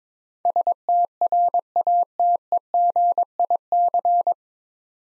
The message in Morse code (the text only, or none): STRATEGIC